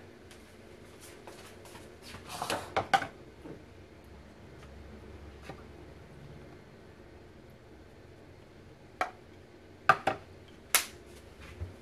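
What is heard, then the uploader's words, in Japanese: Someone makes dinner and opens seasoning containers in a small kitchen, with sharp clicks and taps clustered near 2–3 seconds and around 9–11 seconds. お夕飯のおかずメイキング中の音。台所のoto。調味料開ける音。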